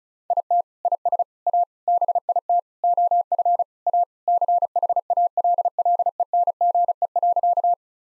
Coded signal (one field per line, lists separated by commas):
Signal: Morse code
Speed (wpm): 34 wpm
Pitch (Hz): 700 Hz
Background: none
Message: IT IS A BIT OF A CHALLENGE.